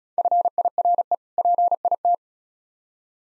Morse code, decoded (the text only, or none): FIRE PIT